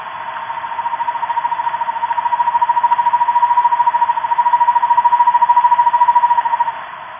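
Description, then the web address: Buff-fronted owl giving a long, even trill of rapid soft hoots near one pitch, rising slightly in loudness, lasting about six seconds, with steady background hiss. Ecuador, South America. "Natures Songs S America Birds of Ecuador. Buff-Fronted Owl"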